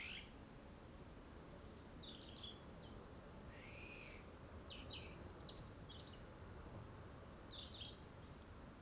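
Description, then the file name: European robin delivering separated high, scratchy phrases mixed with one lower, slurred whistle, each phrase brief and different from the last. "Erithacus rubecula"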